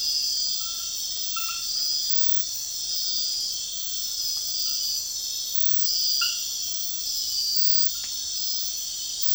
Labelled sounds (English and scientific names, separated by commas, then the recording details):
none
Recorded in secondary vegetation near Puerto Asís, Putumayo, Colombia, on 9 March 2025 at 01:00
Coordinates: 0.498, -76.327
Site G001